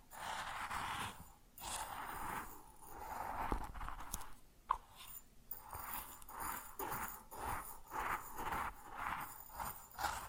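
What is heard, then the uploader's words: Grain rustles and pours in dense, gritty bursts, each swell separated by brief near-silent gaps. Early passes are longer and slower, then from about six seconds the surges come quicker and more regular, like repeated shaking or scraping, with a sharp tick near five seconds. ASMR Grain Sounds (No Talking).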